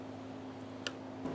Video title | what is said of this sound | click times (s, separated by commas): How to Replace Fuel Pump & Strainer Set 2010-2014 Subaru Outback (2.5L H4) | Make sure the tab clicks into place. | 0.9 s